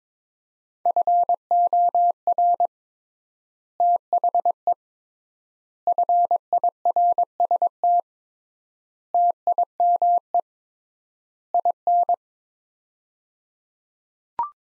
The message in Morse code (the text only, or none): FOR THE FIRST TIME IN